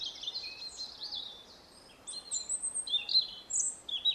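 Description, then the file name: European robin singing high, sweet warbles and thin, sliding whistles in short phrases separated by brief gaps. "Erithacus rubecula"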